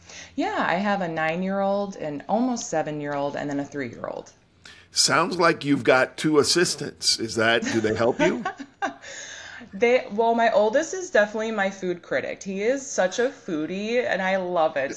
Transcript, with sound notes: Yeah, I have a nine-year-old, an almost seven-year-old, and then a three-year-old.
Sounds like you’ve got two assistants. Do they help you?
(laughing) Well, my oldest is definitely my food critic. He is such a foodie, and I love it.